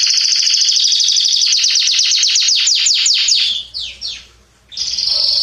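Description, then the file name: Canary song built on a rapid series of falling notes that slow toward the end, a brief pause, then a bright high rolling phrase. "Canary Voice"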